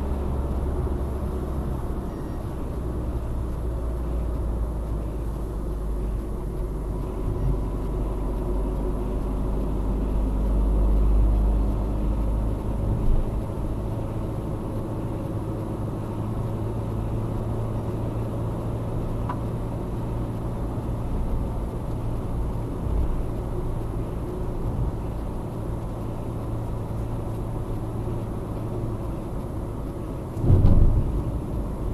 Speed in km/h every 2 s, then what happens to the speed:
71, 66, 59, 52, 51, 57, 55, 50, 50, 56, 59, 60, 56, 53, 52, 52.
0-7 slows to 51. 11-16 slows to 50. 16-21 speeds up to 60. 21-32 slows to 52.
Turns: none.